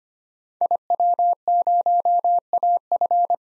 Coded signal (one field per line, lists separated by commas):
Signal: Morse code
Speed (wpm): 25 wpm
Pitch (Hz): 700 Hz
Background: none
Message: IW0AF